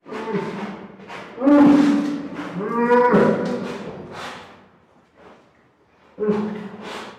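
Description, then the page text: Brown bear giving deep, harmonic, moaning roars in drawn-out bursts, swelling and fading, with a short pause before a final groan. Captive bear at a zoo in Madrid, Spain, roaring as if asking for help. "Zoo de Madrid: oso pardo ruge pidiendo ayuda"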